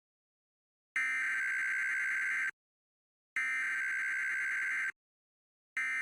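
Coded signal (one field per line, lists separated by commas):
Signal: Emergency Alert System (SAME) tones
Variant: header bursts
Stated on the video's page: Fictional scenario using valid EAS tones.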